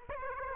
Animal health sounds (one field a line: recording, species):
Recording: mosquito wingbeat signal from an infrared sensor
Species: Aedes aegypti